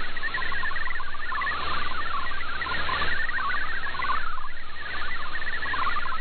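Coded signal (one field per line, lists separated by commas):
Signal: multi-tone FSK (Olivia or MFSK type)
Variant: MFSK32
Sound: rapid warbling sequence of short musical tones hopping around, continuous throughout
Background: radio static, low hum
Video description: I precociously prepared to switch to MFSK64 manually, even though it was not required, as well as a switch back to MFSK32.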